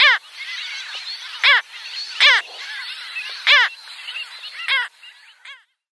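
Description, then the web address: Mediterranean gull calls: short, sharp, arched notes about every second, rising above a steady background chatter of many other gulls. "Mediterranean Gull"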